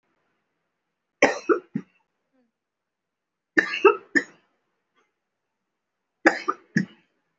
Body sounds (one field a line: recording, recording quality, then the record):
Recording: heavy voluntary cough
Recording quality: excellent, no background noise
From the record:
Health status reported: respiratory illness, not identified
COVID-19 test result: not tested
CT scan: not taken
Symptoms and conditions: cough, cold, breathing difficulty, sore throat, fatigue, muscle pain, pneumonia, another respiratory illness, another condition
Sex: female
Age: 52 years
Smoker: no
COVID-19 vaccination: one dose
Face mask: worn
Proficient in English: no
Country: India